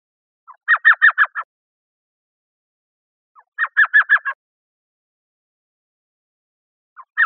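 Elf owl giving short chattering bursts of about five rapid, yelping notes, each burst lasting under a second and repeated roughly every three seconds; otherwise quiet.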